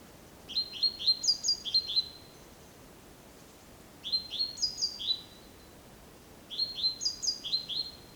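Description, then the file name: Great tit singing: three separate bursts of several loud, crisp, high ringing notes, with a quiet background between them. "Parus major"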